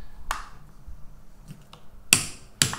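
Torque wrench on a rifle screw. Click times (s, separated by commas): 2.1 s, 2.6 s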